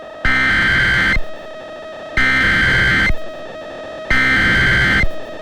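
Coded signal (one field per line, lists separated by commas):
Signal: Emergency Alert System (SAME) tones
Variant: header bursts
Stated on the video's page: Severe thunderstorm warning from the weather service, relayed by an FM station and recorded from its online live stream.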